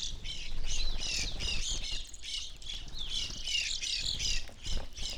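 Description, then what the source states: Evening grosbeaks calling as a flock, dense overlapping chirpy notes high in pitch, sliding up and down continuously, with a low rumble underneath. Flock feeding on sunflower seeds at backyard feeder hanging from a birch, relatively warm winter morning, McCloud, Siskiyou County, California; microphones either side of the tree trunk.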